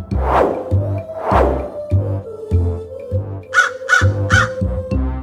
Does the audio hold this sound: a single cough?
no